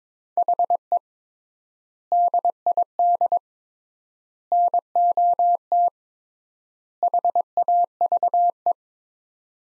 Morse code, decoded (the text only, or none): HE DID NOT HAVE